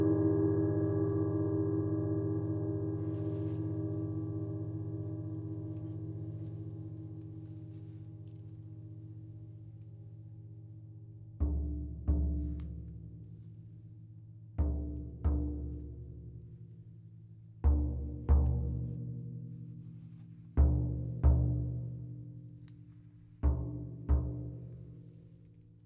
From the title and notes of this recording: Sound therapist and energy healer … leads you through a sound bath meditation using gongs, drums and Tibetan singing bowls.